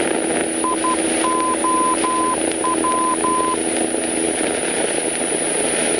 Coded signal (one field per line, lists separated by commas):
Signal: Morse code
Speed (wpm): 12 wpm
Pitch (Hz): 1020 Hz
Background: none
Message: IOW